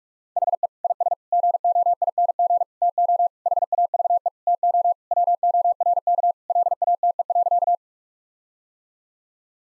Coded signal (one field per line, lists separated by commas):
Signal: Morse code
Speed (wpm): 46 wpm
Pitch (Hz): 700 Hz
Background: none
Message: HE IS GOING TO HAVE TO WORK LATE.